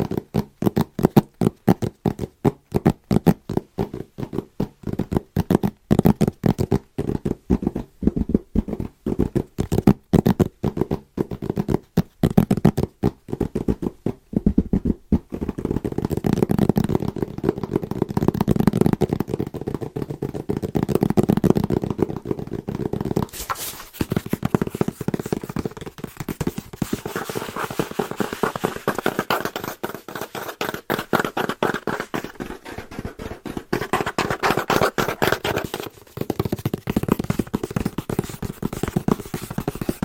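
Fast, rhythmic tapping on Christmas presents, a steady run of quick dry taps for the first fifteen seconds. After that the tapping blurs into denser rustling and scratching that rises and falls, with brief pauses near 23 and 36 seconds.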